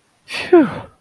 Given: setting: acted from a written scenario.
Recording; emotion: vocal sound without words; relief